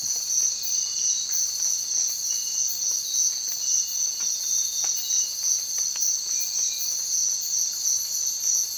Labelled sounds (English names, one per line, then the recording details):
none
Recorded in secondary vegetation near Puerto Asís, Putumayo, Colombia, on 30 June 2025 at 05:00
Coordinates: 0.499, -76.323
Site G077